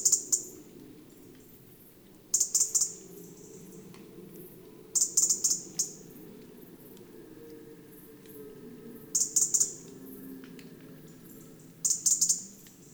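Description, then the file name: European robin ticking persistently, five clusters of several hard, high clicks each, at irregular intervals over a low hum. "Erithacus rubecula"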